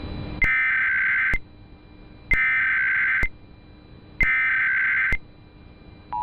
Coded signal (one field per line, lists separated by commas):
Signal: Emergency Alert System (SAME) tones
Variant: header bursts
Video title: EAS MOCK: Kai-Lan.EXE Attacks the Mountain States